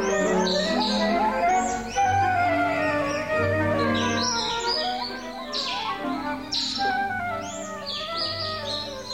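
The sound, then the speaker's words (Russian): Several birds chirp and twitter as they are released to fly free, in quick, bright bursts, their high calls overlapping over a steady musical backing with low sustained tones. “А в общем, отпущу-ка я птиц на волю. Жалко их все-таки. Ну-ка, птицы, летите по-добру, по-здорову.”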